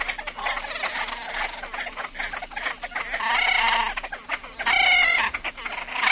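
Great crested grebe calls: a few harsh, nasal braying notes in the second half, over a busy background of other calls.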